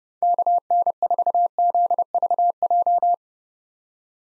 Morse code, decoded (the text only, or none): KN4ZVJ